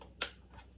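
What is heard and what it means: A Samsung dishwasher soap dispenser unit is pushed down hard into the plastic inner door panel, and a sharp, bright snap sounds at 0.2 s as its retaining clips snap home, followed by a fainter tick around 0.6 s. The dispenser is seated.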